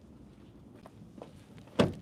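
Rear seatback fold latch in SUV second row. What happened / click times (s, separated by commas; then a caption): The folded seatback latched into place / 1.8 s. A folded second-row rear seatback in a 2026 Kia Sportage Hybrid EX SUV, which had not locked, is pushed down into its folded position. A few faint knocks and rustles come first, then a loud clunk at 1.8 s as the seatback latches into place.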